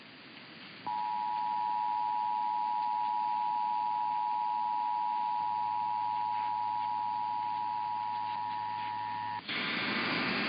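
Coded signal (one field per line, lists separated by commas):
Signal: Emergency Alert System (SAME) tones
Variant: 853 and 960 Hz attention tone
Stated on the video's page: Flash flood warning and a required weekly test on KCBS.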